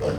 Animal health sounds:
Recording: contact call of a hoofed animal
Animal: pig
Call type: closed-mouth grunt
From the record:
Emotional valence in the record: positive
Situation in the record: food and toys in familiar pen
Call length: 0.18 s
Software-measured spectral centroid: 1760 Hz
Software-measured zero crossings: 1060 a second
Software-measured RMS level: -25 dBFS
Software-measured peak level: -14 dBFS

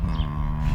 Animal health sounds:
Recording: contact call of a hoofed animal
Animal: cattle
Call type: low-frequency (closed-mouth) or high-frequency (open-mouth) call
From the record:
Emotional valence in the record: negative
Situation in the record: full separation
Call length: 0.75 s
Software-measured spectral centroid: 1300 Hz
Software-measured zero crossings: 540 a second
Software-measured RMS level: -24 dBFS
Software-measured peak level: -12 dBFS

